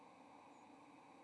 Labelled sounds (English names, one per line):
White-throated Sparrow flight call